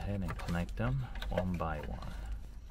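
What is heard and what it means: Someone talks while factory radio plastic wiring harness plugs are being connected one by one to the mating interface cable connectors behind the dash of a Toyota 4Runner. Nothing has seated or clicked yet; the connectors are only being handled.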